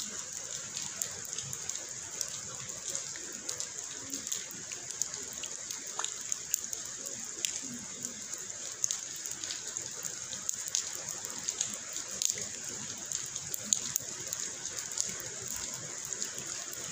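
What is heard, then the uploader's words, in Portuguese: Real rain falls in a steady, dense hiss, with a bright high band running unbroken through all seventeen seconds. Countless small drop taps crackle on top at irregular moments, while a soft low rumble stays underneath without change. Som de chuva genuino gravado por mim e som de aguas.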